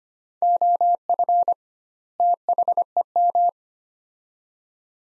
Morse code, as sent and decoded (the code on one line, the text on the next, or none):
--- ..-. / - .... . --
OF THEM